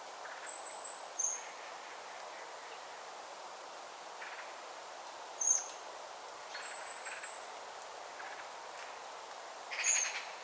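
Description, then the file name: Eurasian blackbird giving thin, very high, sharp call notes about every four seconds, with two longer drawn-out high whistles, one just before the first call and one between the second and third, over a steady soft hiss. "Turdus merula"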